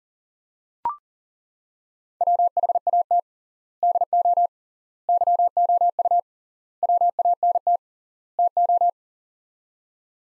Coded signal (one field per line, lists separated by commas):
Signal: Morse code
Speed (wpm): 40 wpm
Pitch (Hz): 700 Hz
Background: none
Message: WHAT DO YOU WANT TO